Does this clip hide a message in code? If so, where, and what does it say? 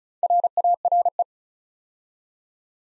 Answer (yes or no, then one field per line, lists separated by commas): yes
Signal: Morse code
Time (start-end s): 0.2-1.2 s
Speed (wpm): 36 wpm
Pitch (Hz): 700 Hz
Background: none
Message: RARE